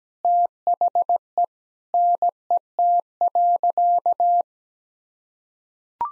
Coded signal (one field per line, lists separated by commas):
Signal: Morse code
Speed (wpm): 17 wpm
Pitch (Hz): 700 Hz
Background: none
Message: THE NET.